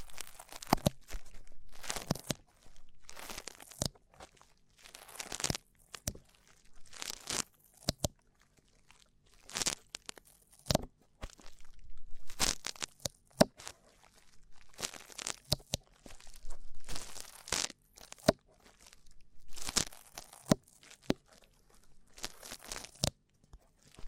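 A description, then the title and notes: Rough ear cleaning: bursts of scratchy, crinkling rubbing come in uneven clusters every second or two, each lasting about half a second. The scraping is bright and hissy with occasional sharp cracks, separated by short near-silent gaps and a faint low rumble. ASMR Rough Ear Cleaning (No Talking).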